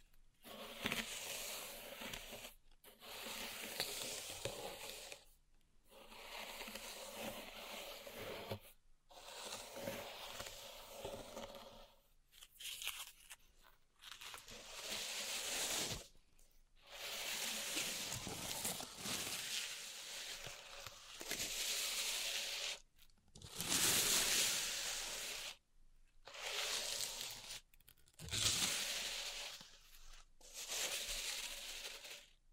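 Pink salt zen garden triggers: gritty scraping and crunching of salt grains in repeated bursts, each a few seconds long, separated by brief silent gaps. The sound is bright and hissy, with soft rustling texture; a louder, sharper sweep comes around 24 seconds.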